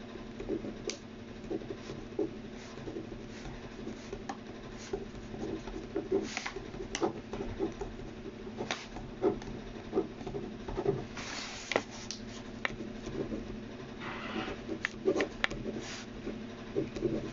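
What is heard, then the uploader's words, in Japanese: Someone copies out text by hand, the pen making frequent short scratches and taps at an irregular pace over a steady low hum. Longer scratchy strokes stand out around eleven seconds and again near fourteen to fifteen seconds. 身体表現家 役者でない が何らかのテキストを書き写しているときの音をお送りします。今回は、素潜り旬さんの詩集『パスタで巻いた靴』より『パスタで巻いた靴』を移している最中の音です。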